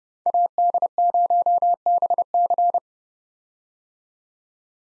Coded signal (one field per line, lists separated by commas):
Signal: Morse code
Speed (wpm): 29 wpm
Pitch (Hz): 700 Hz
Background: none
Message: AD0BC